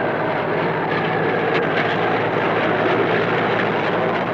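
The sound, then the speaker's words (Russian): A heavy tractor engine drones steadily and loudly throughout, a continuous low rumble with a faint rhythmic chug, as the tractor hauls cargo on a sled across a snowy field. No voices are heard. “Трактор по заснеженному полю тащит груз на сани.”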